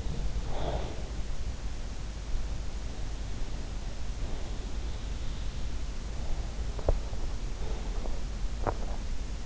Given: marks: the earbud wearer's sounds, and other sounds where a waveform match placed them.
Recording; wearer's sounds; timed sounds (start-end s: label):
sounds in sleep by an in-ear microphone; breath, teeth grinding
0.00-1.61 s: breath
3.35-4.88 s: breath
6.14-8.25 s: breath
6.76-7.23 s: teeth grinding
8.49-9.01 s: teeth grinding